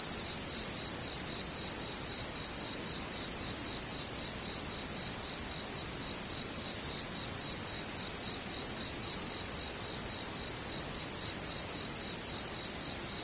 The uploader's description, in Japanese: ムシ